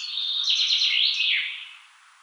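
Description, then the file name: Common chaffinch giving a single smeared, cascading phrase of high notes that steps down in pitch before fading out. "Fringilla coelebs"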